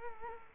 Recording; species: mosquito wingbeat signal from an infrared sensor; Culex quinquefasciatus